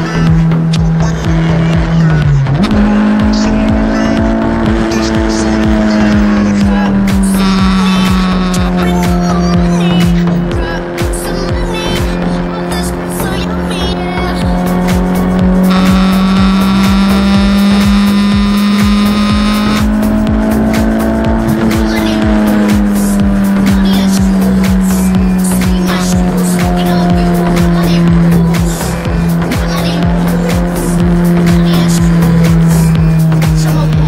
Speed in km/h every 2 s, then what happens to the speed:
130, 130, 142, 124, 113, 111, 109, 112, 125, 131, 142, 126, 119, 112, 108, 109, 107.
0-4 speeds up to 142. 4-8 brakes to 113. 8-13 steady at about 111. 13-21 speeds up to 142. 21-34 slows to 107.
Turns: none.